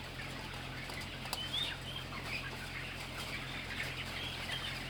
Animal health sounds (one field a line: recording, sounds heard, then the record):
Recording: poultry house recording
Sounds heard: healthy chickens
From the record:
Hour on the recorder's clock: 8